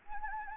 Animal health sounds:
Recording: mosquito wingbeat signal from an infrared sensor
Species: Anopheles gambiae

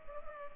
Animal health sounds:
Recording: mosquito wingbeat signal from an infrared sensor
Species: Culex pipiens

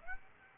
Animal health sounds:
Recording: mosquito wingbeat signal from an infrared sensor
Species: Aedes aegypti

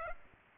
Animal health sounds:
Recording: mosquito wingbeat signal from an infrared sensor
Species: Aedes aegypti

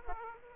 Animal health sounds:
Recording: mosquito wingbeat signal from an infrared sensor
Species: Aedes aegypti

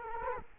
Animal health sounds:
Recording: mosquito wingbeat signal from an infrared sensor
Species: Culex quinquefasciatus

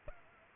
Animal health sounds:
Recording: mosquito wingbeat signal from an infrared sensor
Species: Culex pipiens

